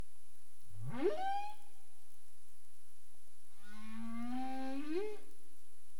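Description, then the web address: Humpback whale vocalizations: a sharp rising whoop sweeping upward, followed after a pause by a long low moan that climbs at its end. Recorded in the Caribbean, 27 April 2035, 22:29 UTC. "CARIMAM clean data humpback whale"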